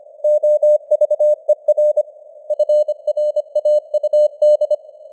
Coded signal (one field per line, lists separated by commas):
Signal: Morse code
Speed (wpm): 25 wpm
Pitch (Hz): 600 Hz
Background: none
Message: OVER FRAUD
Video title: Morse Code News | 2025-10-20 | 25wpm